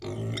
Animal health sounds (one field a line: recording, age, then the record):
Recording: pig call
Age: weaner (32 to 43 days)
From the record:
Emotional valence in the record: negative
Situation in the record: long isolation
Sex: female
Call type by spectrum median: low-frequency call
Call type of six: mixed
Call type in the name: high-frequency modulated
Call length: 0.41 s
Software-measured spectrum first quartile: 176 Hz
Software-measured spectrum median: 449 Hz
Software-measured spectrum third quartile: 2463 Hz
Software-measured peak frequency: 116 Hz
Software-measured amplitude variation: 84 dB a second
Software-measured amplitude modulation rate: 32.1 a second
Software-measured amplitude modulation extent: 2.6 dB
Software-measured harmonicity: -1.1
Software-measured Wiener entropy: -3.27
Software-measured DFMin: 993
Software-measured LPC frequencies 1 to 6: 352, 2075, 3245, 3652, 5419, 6979 Hz